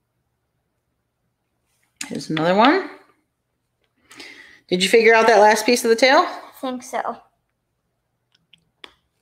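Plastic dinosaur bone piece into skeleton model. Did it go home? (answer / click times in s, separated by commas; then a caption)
yes / 8.5 s, 8.8 s. A plastic dinosaur bone piece is pressed into a skeleton model while someone talks. Sharp, short snaps come at 8.5 s and 8.8 s as the piece clicks in and seats.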